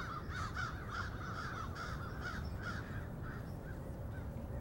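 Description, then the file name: Crows give raspy caws in quick succession, several birds calling together, over a low rumble. "multi-cinci crows"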